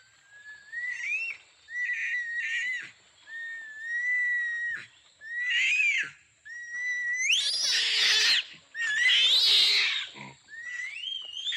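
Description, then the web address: Orangutan calls: clear whistled notes that rise at the end, then two loud, rasping squeals, with a constant high-pitched hum in the background. Orangutans in a zoo. "sonido de orangutanes en el zoologico"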